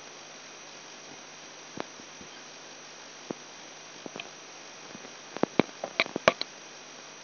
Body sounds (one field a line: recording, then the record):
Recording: brain microelectrode recording played as sound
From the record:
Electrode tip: outside the subthalamic nucleus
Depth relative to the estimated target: -8 mm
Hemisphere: right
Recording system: AlphaMap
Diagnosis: Parkinson's disease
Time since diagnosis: 10 years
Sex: male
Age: 58 years